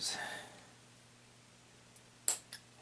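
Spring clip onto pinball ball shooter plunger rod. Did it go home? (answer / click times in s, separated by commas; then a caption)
yes / 2.3 s. A reused spring clip is pushed onto the ball shooter plunger rod of a pinball machine to hold the new spring, after someone talks briefly. A faint tick comes at 2.0 s, then a sharp, bright snap at 2.3 s as the clip seats in place, followed by a softer click at 2.5 s.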